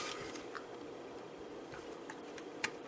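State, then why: Seated. Plastic wheel assemblies on a ToyWorld TW-C05 Shovel transforming robot toy are lowered into the toy's body over a steady low hiss, with small plastic ticks at about 0.6, 2.1 and 2.4 seconds. A sharper, louder click at 2.6 seconds marks the wheels locking into place.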